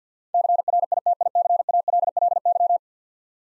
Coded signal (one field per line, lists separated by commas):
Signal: Morse code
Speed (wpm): 53 wpm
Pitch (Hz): 700 Hz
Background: none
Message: CRITICALLY